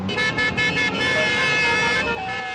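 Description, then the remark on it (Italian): Many car horns blare at once in a traffic jam, overlapping steady tones sounding loudly and continuously over a low rumble of engines, with a few horns dropping in and out. “Suona, suona!”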